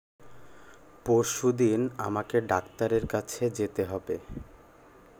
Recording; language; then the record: elicited speech; Bengali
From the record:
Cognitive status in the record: cognitively healthy